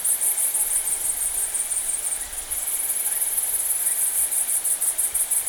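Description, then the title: Bush-cricket song: dense, high, sizzling trill pulsed in rapid groups, with a brief dip midway and a soft lower cricket trill behind. Saignon, Vaucluse, September 2000; Italian tree crickets also singing. "Sylvain Jaskowiak - Animus. Grandes sauterelles vertes, grillons d'Italie et decticelles - Saignon, Vaucluse - septembre 2000"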